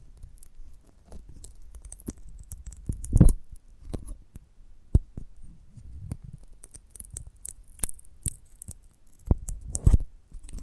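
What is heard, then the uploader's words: A giant gummy bear is handled and bitten, producing irregular soft sticky clicks and squishes. Sharper snaps stand out near three, five and ten seconds, with bright crackly bits around eight seconds, over a low, quiet rumble between the sounds. ASMR of a Giant Gummy Bear (No Talking).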